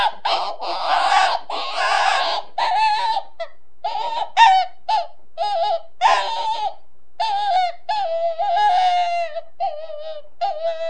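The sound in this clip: Rabbit cries: a few harsh screams opening into a quick string of short, broken, whimpering squeals, then longer wavering wails near the end.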